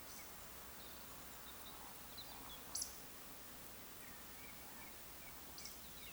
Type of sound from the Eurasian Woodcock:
whistle, croak